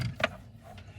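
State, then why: Seated. Under a kitchen sink, the plastic control box of a Delta Touch2O touch faucet is pushed up onto its mounting bracket and clipped over it. A sharp click at 0.2 s shows it has seated, and a fainter tap follows near 0.8 s over low background rumble.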